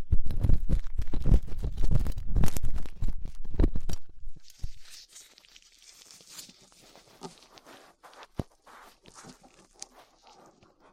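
Ear cleaning with latex gloves, a dental pick and cotton swabs, opening with a dense run of loud rubbing, crackling and thumping for about four seconds. After that it turns quiet, leaving softer scratching and small clicks with a few sharp ticks near eight seconds.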